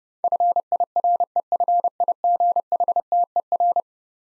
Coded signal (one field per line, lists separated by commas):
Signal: Morse code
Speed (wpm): 30 wpm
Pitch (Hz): 700 Hz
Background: none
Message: FIREFIGHTER